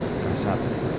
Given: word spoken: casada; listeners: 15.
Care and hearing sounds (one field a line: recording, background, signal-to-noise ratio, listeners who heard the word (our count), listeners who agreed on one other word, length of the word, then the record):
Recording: one Spanish word in noise, from a listening test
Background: speech-shaped noise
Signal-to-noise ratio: -5.4 dB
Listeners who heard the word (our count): 0 of 15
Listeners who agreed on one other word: 7 of 15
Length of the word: 0.59 s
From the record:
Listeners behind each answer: 7, 4, 2, 1, 1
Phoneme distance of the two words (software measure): 10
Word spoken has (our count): 3 syllables, 6 phonemes, stress on syllable 2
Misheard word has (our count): 3 syllables, 6 phonemes, stress on syllable 2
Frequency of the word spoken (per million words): 10.99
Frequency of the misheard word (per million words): 21.95